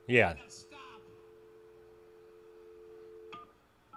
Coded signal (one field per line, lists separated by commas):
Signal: telephone call progress tone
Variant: North America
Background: speech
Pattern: dial tone